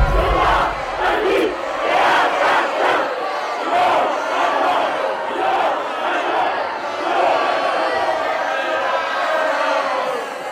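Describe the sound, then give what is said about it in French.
A large crowd in a town festival hall jeers and shouts a candidate's name right after an election result is announced, many voices blending into a loud, steady roar with repeated surges of chanted outcry throughout. “Dans la salle des fêtes, dès l'annonce, c'est son nom que l'on fustige.”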